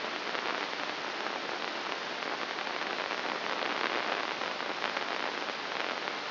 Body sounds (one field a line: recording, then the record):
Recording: brain microelectrode recording played as sound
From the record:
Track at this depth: inside the subthalamic nucleus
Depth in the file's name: 3.62 mm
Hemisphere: left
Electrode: 2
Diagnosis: Parkinson's disease